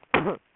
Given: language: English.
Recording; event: throat vibration sensor signal played as sound; cough